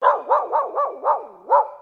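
Dog barking in a quick series of six harsh, mid-pitched barks in under two seconds, each bark short and rising then falling.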